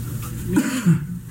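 Two short, muffled, low-pitched cough or throat-clearing bursts from an adult man acting as a sick patient in a drill, a patient feeling unwell with a headache who arrived from Beijing three days earlier.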